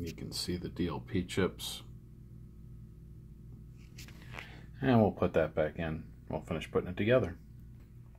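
A projector lamp module is being handled near a Runco LS10 projector housing while someone talks, with a few faint handling taps around 4.0 to 4.4 s in a quiet gap between speech. Nothing has seated or clicked yet; the module has not gone home in the chassis.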